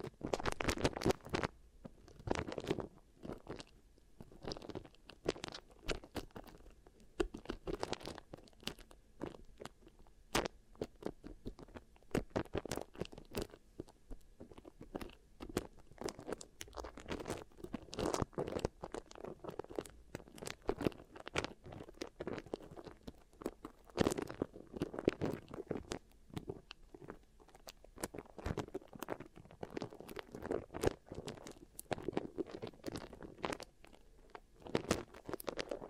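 Beeswax rubbed and pressed for ear triggers makes dense, irregular crackling and crunchy taps, constant throughout with frequent sharp bursts and no pauses.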